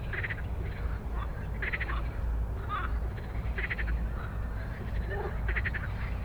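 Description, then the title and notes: Frog chorus with short pulsed, rattling bursts recurring regularly, other frogs calling more softly beneath, and a constant low background hum. Many frogs giving an evening chorus after dark in Stromovka park, Prague, 18 May 2022 from 22:08, recorded on a Sony PCM-D100 while sitting among them. "Stromovka Park, Prague - Frog concert at Stromovka after dark. Wracaliśmy przez park Stromovka do domu. Już z daleka słyszałem, że gdzieś blisko jest gęsto od żab i dają wieczorny koncert. 2022/05/18. 22:08"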